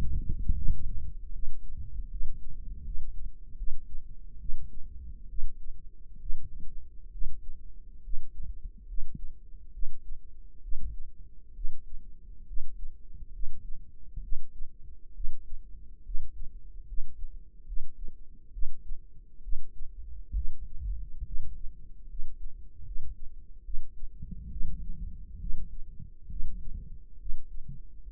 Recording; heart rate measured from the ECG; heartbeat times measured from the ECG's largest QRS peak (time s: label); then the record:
heart sounds by microphone in the right ear; 70 bpm
0.54 s: heartbeat
1.31 s: heartbeat
2.09 s: heartbeat
2.83 s: heartbeat
3.56 s: heartbeat
4.38 s: heartbeat
5.27 s: heartbeat
6.18 s: heartbeat
7.10 s: heartbeat
8.02 s: heartbeat
8.86 s: heartbeat
9.71 s: heartbeat
10.60 s: heartbeat
11.53 s: heartbeat
12.45 s: heartbeat
13.31 s: heartbeat
14.21 s: heartbeat
15.13 s: heartbeat
16.03 s: heartbeat
16.85 s: heartbeat
17.65 s: heartbeat
18.51 s: heartbeat
19.41 s: heartbeat
20.33 s: heartbeat
21.23 s: heartbeat
22.07 s: heartbeat
22.83 s: heartbeat
23.62 s: heartbeat
24.49 s: heartbeat
25.38 s: heartbeat
26.28 s: heartbeat
27.17 s: heartbeat
28.00 s: heartbeat
From the record:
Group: healthy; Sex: female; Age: 19 years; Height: 163 cm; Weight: 51 kg